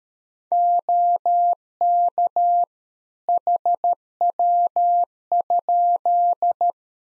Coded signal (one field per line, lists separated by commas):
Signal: Morse code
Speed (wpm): 13 wpm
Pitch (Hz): 700 Hz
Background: none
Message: OK HW?